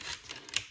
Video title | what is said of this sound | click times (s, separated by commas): SimplKomb Adventure - 2025 - Adventures In Beekeeping | And that snaps. And that snaps. And it snaps and stays. | 0.6 s